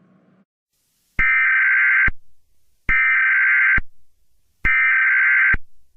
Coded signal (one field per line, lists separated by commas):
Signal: Emergency Alert System (SAME) tones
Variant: header bursts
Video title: EAS scenario 4: whitty’s explosion part 2